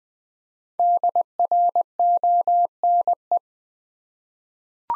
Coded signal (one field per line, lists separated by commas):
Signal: Morse code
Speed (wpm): 20 wpm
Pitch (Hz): 700 Hz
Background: none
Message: DRONE